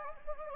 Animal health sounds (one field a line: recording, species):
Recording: mosquito wingbeat signal from an infrared sensor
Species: Anopheles gambiae